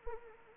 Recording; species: mosquito wingbeat signal from an infrared sensor; Anopheles arabiensis